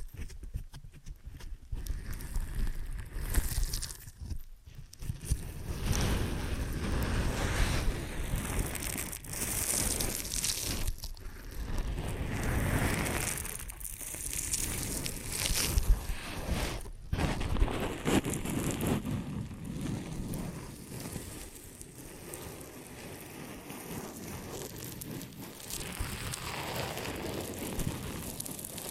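Ear and scalp massage and cleaning, heard as dense rubbing and rustling that fills the whole clip with a low, muffled rumble. The scraping swells and eases irregularly, with brief dips in sound around 4, 11 and 17 seconds.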